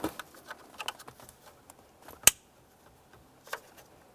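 A black plastic wiring harness connector is pressed into the heater/AC control module of a 2003-2011 Mercury Grand Marquis, the same way as the gray connector. Light plastic ticks and handling noises lead up to a single sharp, loud click at 2.3 s, followed by a softer tick near 3.5 s. The connector is seated, and both connectors are then given a tug to check they are secure.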